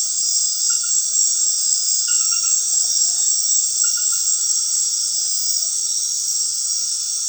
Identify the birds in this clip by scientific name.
none